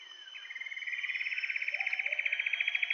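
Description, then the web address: Common paradise kingfisher call: an even, rapid pulsed series of notes that grows louder at first, with insect buzzing behind. Recorded in Indonesia. "ULM-DS-Lab indonesian-bird-sounds. Tanysiptera galatea"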